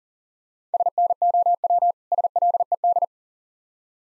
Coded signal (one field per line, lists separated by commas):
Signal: Morse code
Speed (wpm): 40 wpm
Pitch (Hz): 700 Hz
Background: none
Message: SNOW SLED